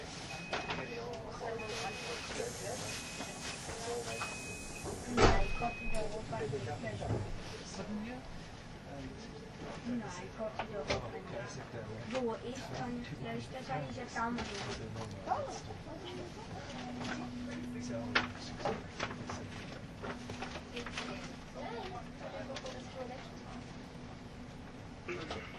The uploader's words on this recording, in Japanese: SBB線 ICN10022レ01 Lugano～(Göschenen)。スイスでは主力の車体傾斜車両であるRABDe500形ICN、その本領を発揮するゴッタルド線の列車を収録したものです。収録年月:2013,05。